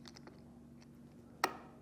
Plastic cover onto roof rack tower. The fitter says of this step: They simply snap right in,